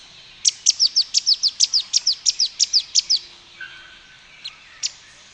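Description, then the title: Streak-capped Antwren giving a rapid series of many sharp, high chipping notes, followed by a few scattered single notes. "LuckyPassaro Completos2Sama. Streak-capped Antwren (Terenura maculata)"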